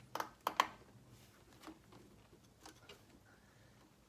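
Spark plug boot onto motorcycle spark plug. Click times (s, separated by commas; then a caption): 0.2 s, 0.5 s, 0.6 s. A rubber spark plug boot is lined up and pushed down onto the threaded top of a motorcycle spark plug. Sharp clicks sound at 0.2, 0.2, 0.5 and 0.6 seconds, followed by a few faint, softer sounds. The boot seats snugly on the plug.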